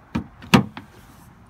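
On a Nissan Cube, the release linkage of the stuck rear hatch latch in the tailgate is pulled by hand as a fix that needs no new parts. A soft thump at 0.2 s leads to the latch letting go with a sharp, loud clack at 0.5 s, followed by a lighter knock at 0.8 s. The latch releases.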